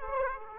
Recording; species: mosquito wingbeat signal from an infrared sensor; Aedes aegypti